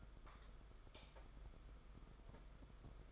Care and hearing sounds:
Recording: daily activity, microphone in the room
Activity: light on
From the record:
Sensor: 5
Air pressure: 991.1 hPa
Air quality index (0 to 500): 108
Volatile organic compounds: 24 ppm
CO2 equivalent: 2820 ppm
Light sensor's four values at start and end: 18/43/17/19 and 19/48/19/21

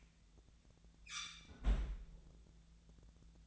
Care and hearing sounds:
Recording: daily activity, microphone in the room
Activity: close fridge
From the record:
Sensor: 3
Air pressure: 1009.7 hPa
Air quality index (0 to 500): 190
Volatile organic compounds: 15 ppm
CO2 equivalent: 2480 ppm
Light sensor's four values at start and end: 37/93/40/43 and 37/93/40/43

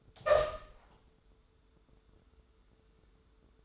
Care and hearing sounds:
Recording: daily activity, microphone in the room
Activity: open door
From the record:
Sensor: 3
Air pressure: 1015.2 hPa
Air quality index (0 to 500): 169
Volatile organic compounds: 13 ppm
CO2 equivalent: 2411 ppm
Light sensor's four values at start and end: 15/40/16/17 and 16/40/16/17

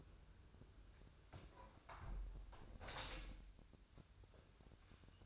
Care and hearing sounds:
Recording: daily activity, microphone in the room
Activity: close window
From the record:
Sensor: 2

